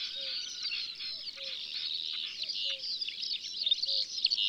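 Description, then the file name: Eurasian skylark song, a continuous high, rapid warbling stream of trills and chirps, with low paired tonal notes repeating regularly beneath it. In the countryside. "Alouette des champs Chants doiseaux dans la campagne"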